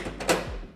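The metal lid of a Weather Guard saddle truck tool box is pushed down from one side, and its latches catch into the box body with two quick hits at 0.2 s and 0.3 s, the second one louder. Both side latches engage, and the lid is seated.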